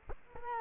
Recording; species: mosquito wingbeat signal from an infrared sensor; Culex quinquefasciatus